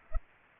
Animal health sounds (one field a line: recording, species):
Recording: mosquito wingbeat signal from an infrared sensor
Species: Culex pipiens